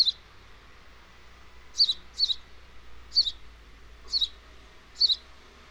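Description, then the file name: House sparrow giving several brief bright chirps, some in close pairs. "Passer domesticus"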